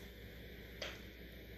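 A rubber vacuum cap is pressed firmly back onto an intake vacuum port on a motorcycle engine, pushed hard to get a good seal. Against a steady low background hum, a single short, bright click sounds at 0.8 seconds as the cap seats onto the port.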